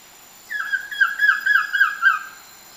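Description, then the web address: Collared trogon singing a quick string of about seven slightly falling notes, evenly spaced. Recorded in Ecuador. "Natures Songs S America Birds of Ecuador Collared Trogon"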